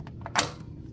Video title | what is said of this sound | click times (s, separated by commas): How I clean track windows? Remove the track! | So, like it's not in there, but then click. | 0.3 s, 0.4 s